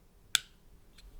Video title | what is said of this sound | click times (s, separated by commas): How to Change Batteries on B&O Beo4 Remote Control - How to Open Back Battery Cover | lift it out here and it will click. There. | 0.3 s